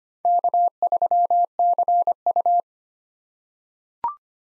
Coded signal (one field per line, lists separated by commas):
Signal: Morse code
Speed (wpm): 25 wpm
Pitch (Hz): 700 Hz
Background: none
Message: K3CU